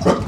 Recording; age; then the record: pig call; growing-finishing pig (85 days or more)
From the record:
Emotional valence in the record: positive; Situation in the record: run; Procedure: transit